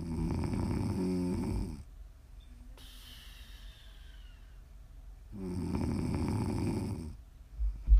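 Two loud, low, rumbling snores on the in-breath, about five seconds apart (roughly 12 breaths a minute), with quiet pauses between them, from an adult sleeper. This is ordinary snoring, recorded as ASMR for listening to sleep or relax.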